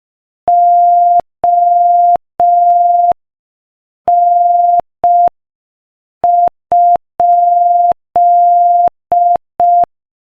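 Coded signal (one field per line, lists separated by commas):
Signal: Morse code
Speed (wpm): 5 wpm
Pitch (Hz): 700 Hz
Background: none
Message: ON?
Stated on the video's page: Morse practice at 5 wpm, sending a joke.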